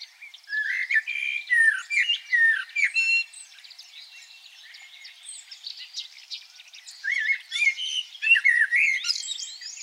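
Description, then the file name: Common blackbird: a loud sequence of warbled and squeaky notes, a quieter twittering stretch, then another energetic burst of fluty phrases. "Turdus merula"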